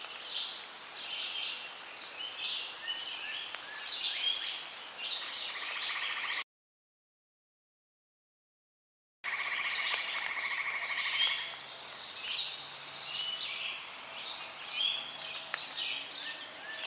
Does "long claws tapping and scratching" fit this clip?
no